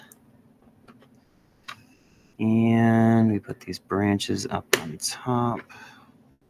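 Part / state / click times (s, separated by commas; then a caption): plastic brick tree branch onto tree trunk stud / not seated / none. Plastic building-brick branch pieces are handled over the top stud of a knockoff LEGO tree trunk, with a few faint ticks of plastic handling early on while someone talks. The pieces are not yet home: nothing has seated or clicked yet.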